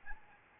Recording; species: mosquito wingbeat signal from an infrared sensor; Aedes albopictus